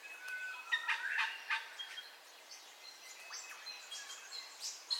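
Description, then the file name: Several birds call together, overlapping short whistles and chirps at mixed pitches, louder bursts near the start, with a soft steady hiss beneath. Dawn ambience, recorded in stereo. "AMBIENCE DAWN BIRDCALLS 04 STEREO"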